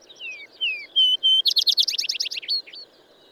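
Bird giving high downslurred whistles and two flat pure tones, then a quick burst of loud buzzy trilled notes ending in short whistles.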